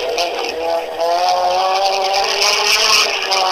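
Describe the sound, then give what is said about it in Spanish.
A red rally car, the first car through the stage of the Quilino zonal rally in 2011, tears past at full speed, its engine screaming in a loud, high-revving buzz with steady layered harmonics that hold for several seconds, no voices. “Está llegando casi frente a nosotros, está pasando a toda velocidad.”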